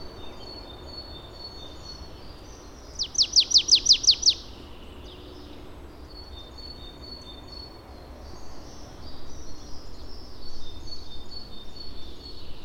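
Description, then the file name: Marsh tit giving a fast series of seven sharp, high notes about three seconds in, followed later by thin high twittering, over steady background hiss. "Poecile palustris"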